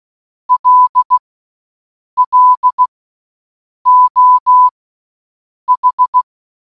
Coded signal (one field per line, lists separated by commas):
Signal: Morse code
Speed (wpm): 16 wpm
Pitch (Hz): 1000 Hz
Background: none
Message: LLO H